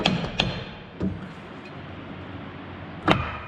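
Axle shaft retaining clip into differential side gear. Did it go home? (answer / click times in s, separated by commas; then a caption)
yes / 0.1 s, 0.4 s, 3.1 s. On a GM 2500HD GMT800 front axle, a steel front axle shaft with its retaining ring is lined up and driven into the differential side gear with sharp, hammer-like impacts at 0.1, 0.4 and 3.1 seconds, with a softer knock around 1.0 seconds. The retaining clip snaps home and the shaft is seated, though it is unclear which hit engages the ring; the last impact at 3.1 seconds may be the final seat.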